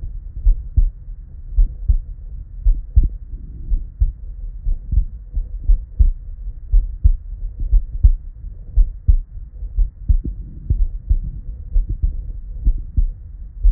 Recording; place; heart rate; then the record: heart sounds by stethoscope; Erb's point; 61 bpm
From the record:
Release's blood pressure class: normal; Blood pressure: 114/73 mmHg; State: at rest